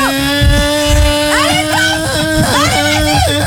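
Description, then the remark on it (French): A voice imitates a motorcycle engine revving: a steady, buzzing drone held for several seconds, with a few quick upward and downward pitch swoops. “Je dois faire un bruit. Vas-y, écarte tes jambes et monte sur la voiture, sur la moto.”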